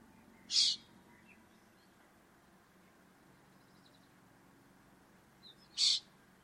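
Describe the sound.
Bird giving two short, harsh, hissing high-pitched bursts about five seconds apart against a quiet steady background hum.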